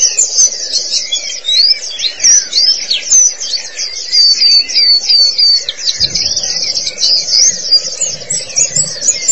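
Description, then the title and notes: White-eye song, a lively, high-pitched warble of fast slurred whistles and chips, phrases tumbling together almost without pause, with a soft buzzing hum underneath. "Suara kicauan burung pleci"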